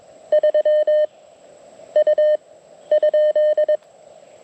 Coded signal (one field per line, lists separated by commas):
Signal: Morse code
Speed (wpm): 21 wpm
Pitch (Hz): 3050 Hz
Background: none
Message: 3 U ?